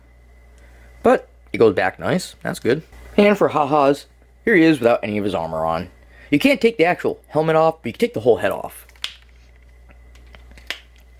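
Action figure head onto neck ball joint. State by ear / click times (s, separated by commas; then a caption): seated / 10.7 s. Someone talks, then the removable plastic head of a Masters of the Universe x Transformers Bumblebee Armor Man-At-Arms action figure, shown without its armor, is taken off and pushed back onto its neck ball joint. A sharp snap at 10.7 s marks the head seating on the joint.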